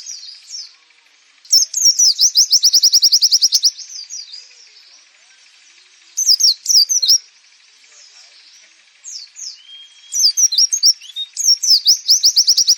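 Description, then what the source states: White-eye in rapid song: several fast, high chattering trills separated by quieter gaps and soft twitters. Nembak, a rapid song style used for training birds.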